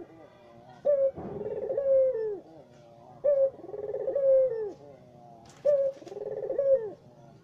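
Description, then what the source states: Barbary dove calling: a quick high note followed by a softer rolling coo, three repetitions about every two and a half seconds, with a brief rustle. White-plumaged dove; training (masteran) recording used to teach songbirds.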